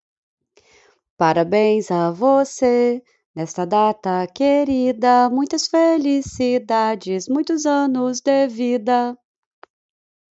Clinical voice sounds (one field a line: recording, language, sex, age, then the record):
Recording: short text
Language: Brazilian Portuguese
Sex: female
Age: 30 to 39 years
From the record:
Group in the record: control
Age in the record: 38 years